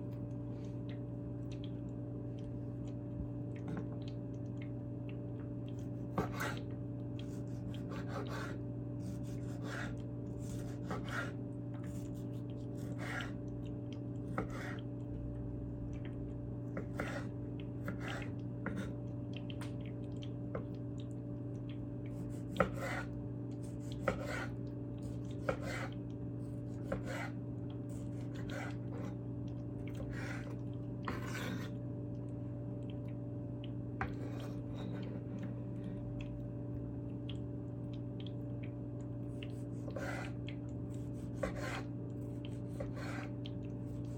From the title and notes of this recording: Slicing Tomatoes ASMR. Scraping noises from the cutting board.